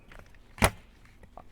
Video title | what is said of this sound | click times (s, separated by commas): BOB Strollers - 2016 Revolution FLEX Stroller Assembly Video | pop the wheel on I hear that click that lets me know that this has been locked into place as far as the wheels concerned | 0.6 s